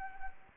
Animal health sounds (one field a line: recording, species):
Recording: mosquito wingbeat signal from an infrared sensor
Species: Anopheles arabiensis